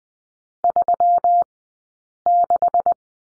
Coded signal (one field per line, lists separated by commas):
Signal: Morse code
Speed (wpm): 20 wpm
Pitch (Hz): 700 Hz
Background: none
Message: 36